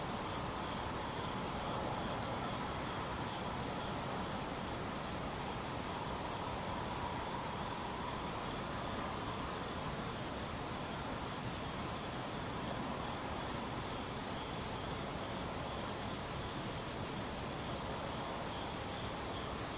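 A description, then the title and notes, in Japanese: A chorus of insects, with crickets trilling in short, high, pulsing bursts that repeat every couple of seconds throughout. Beneath them a dense, steady hiss and low rumble fills the whole clip without letting up. ムシ合唱。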